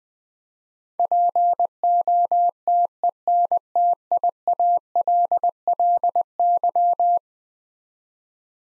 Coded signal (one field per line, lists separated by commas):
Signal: Morse code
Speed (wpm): 20 wpm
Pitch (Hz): 700 Hz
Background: none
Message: POTENTIALLY